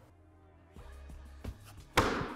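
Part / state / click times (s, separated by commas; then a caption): plastic wall panel into shed floor cutouts / seated / 2.0 s. A plastic wall panel for a Lifetime 8' x 7.5' outdoor shed is folded over, its tabs lined up with the floor cutouts, and pressed down. A low hum and some rustling lead to a soft knock at 1.4 s, then a sharp, loud click at 2.0 s as the panel clicks into place in the floor cutouts.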